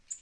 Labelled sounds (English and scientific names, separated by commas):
Tennessee Warbler (Leiothlypis peregrina) flight call